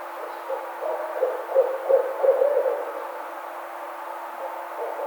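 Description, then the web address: Barred owl hoots: a short series of low hooting notes, louder in the middle, over a steady background hum. Recorded on 4 May 2009. "Barred Owl 2009 05 04"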